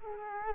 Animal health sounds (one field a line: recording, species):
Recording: mosquito wingbeat signal from an infrared sensor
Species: Culex quinquefasciatus